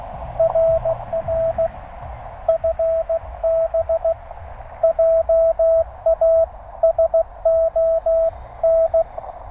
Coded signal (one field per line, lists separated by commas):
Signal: Morse code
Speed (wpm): 17 wpm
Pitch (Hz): 690 Hz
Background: radio noise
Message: RR FB JASON